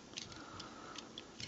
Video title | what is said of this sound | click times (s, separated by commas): Rob A Reviews Fansproject Diesel (Intimidator) | does not want to lock into place at all. So, | none